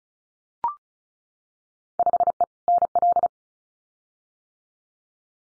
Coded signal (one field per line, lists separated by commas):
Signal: Morse code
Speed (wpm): 34 wpm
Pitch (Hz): 700 Hz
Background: none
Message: 5E NL